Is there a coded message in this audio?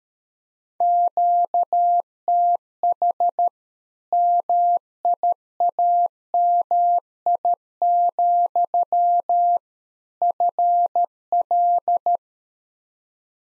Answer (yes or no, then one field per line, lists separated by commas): yes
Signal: Morse code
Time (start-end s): 0.8-12.2 s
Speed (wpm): 13 wpm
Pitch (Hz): 700 Hz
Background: none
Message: QTH MIAMI, FL